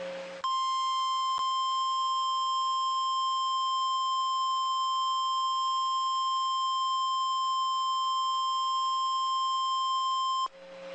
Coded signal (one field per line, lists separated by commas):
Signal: Emergency Alert System (SAME) tones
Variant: 1050 Hz attention tone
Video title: REAL EAS 1461- Severe Thunderstorm Warning